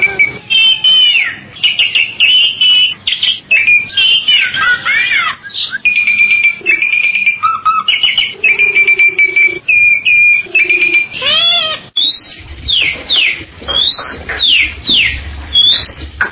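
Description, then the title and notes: Bali myna song, a loud varied run of whistles, rising and falling sweeps, harsh rasps and chattering notes with short pauses. "Jalak Bali 2. Kicau Burung Jalak"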